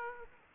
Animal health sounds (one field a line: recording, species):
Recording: mosquito wingbeat signal from an infrared sensor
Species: Aedes aegypti